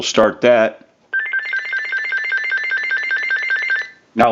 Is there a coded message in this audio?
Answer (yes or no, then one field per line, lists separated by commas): no